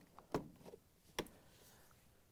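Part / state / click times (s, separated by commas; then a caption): 1/4-inch water line into mounting tab on refrigerator inlet valve bracket / seated / 1.2 s. A 1/4-inch plastic water line is pressed into a small plastic mounting tab on the bracket next to a Samsung refrigerator water inlet valve (DA97-07695A). A sharp handling knock is heard near 0.3 s, followed by a crisp snap at 1.2 s as the line seats in the tab and is held in place.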